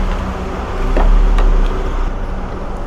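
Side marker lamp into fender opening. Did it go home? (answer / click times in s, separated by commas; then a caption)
no / none. A side marker lamp for a 10th-generation Honda Civic is handled at the fender opening, tilted slightly as it is lined up to go in. A steady low rumble runs throughout, with a brief sharp tick near 1.4 seconds. Nothing has seated or clicked yet.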